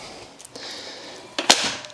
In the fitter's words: locks into place and this little red pin goes straight into place and stops it from popping out it's actually pretty cool